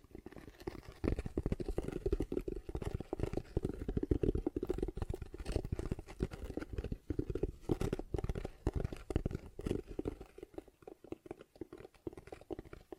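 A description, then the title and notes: ASMR tapping and scratching: a dense, uneven run of short crisp taps and scrapes with no pauses. The sounds are mostly low and midrange, with brighter crackly edges, and the level jumps from stroke to stroke. A few quieter dips come near eleven seconds. ASMR Tapping, Scratching & Zipper Sounds.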